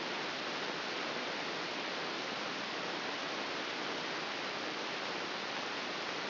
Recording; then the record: brain microelectrode recording played as sound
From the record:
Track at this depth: inside the subthalamic nucleus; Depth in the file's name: 3.625 mm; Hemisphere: left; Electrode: 3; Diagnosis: Parkinson's disease